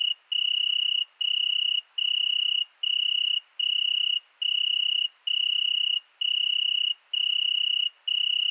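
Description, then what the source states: Italian tree cricket giving a clear, musical trilled song, each long note lasting under a second with brief pauses, repeated evenly throughout. Singing at night, 22:30 on 13 August 2020, in the Virginia creeper under a window, present for two nights; recorded on a Nagra recorder with cardioid microphone.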